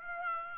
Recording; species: mosquito wingbeat signal from an infrared sensor; Aedes aegypti